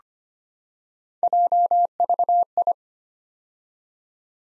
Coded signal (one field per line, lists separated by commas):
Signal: Morse code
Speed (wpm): 25 wpm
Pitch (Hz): 700 Hz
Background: none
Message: JVI